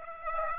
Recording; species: mosquito wingbeat signal from an infrared sensor; Aedes aegypti